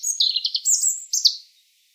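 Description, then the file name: European robin delivering a quick, liquid phrase of high, sliding whistled notes and short twitters that jump up and down in pitch. "Erithacus rubecula"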